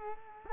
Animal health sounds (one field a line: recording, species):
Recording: mosquito wingbeat signal from an infrared sensor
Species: Culex quinquefasciatus